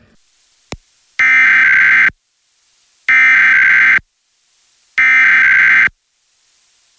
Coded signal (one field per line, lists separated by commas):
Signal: Emergency Alert System (SAME) tones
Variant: header bursts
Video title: Week of 2026-05-17 EAS 814-912 RWT RMT SVR SMW FFW